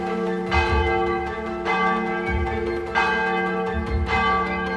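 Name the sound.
church bells pealing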